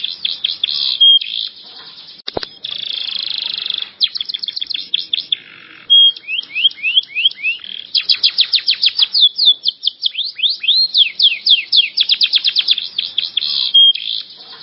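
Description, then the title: Canary song of fast rattling trills and rolling buzzes alternating with series of quick upward-sweeping notes and a few clear held whistles. "Kenari"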